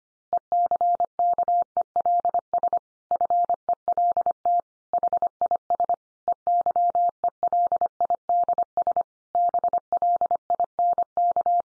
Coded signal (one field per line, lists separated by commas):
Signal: Morse code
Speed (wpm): 25 wpm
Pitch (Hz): 700 Hz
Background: none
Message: ECKELS FELT HIS EYELIDS BLINK